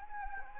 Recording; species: mosquito wingbeat signal from an infrared sensor; Anopheles gambiae